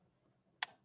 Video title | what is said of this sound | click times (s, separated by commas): microscopy 101 8am | you hear it turn click in place your next lens | 0.6 s